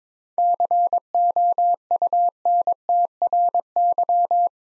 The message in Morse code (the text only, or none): COUNTRY